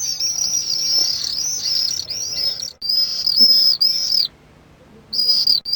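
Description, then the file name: Common swift calls, shrill drawn-out screams in several bursts, each sliding down at the end, with short silent pauses between them. Contact calls. "Mauersegler Lockrufe"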